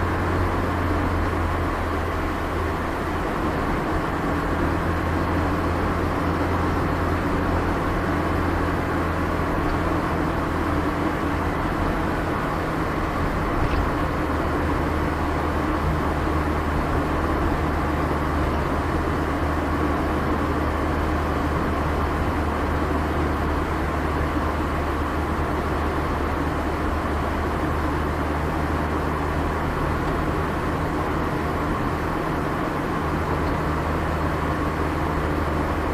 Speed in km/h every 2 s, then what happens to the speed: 61, 60, 60, 61, 60, 60, 58, 58, 56, 55, 55, 55, 55, 55, 54, 54, 56, 57.
0-36 steady at about 56.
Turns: none.